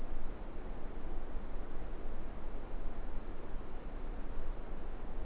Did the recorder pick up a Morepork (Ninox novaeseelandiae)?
no